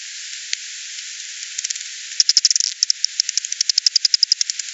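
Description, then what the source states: Bat clicks as dry ticks, sparse and scattered at first, then a dense rapid train of pulses in the second half. Recorded 28 September 2020.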